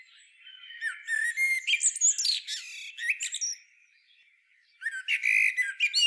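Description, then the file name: Common blackbird giving squeaky, chattering high calls in two dense bursts separated by a pause of about a second. "Turdus merula"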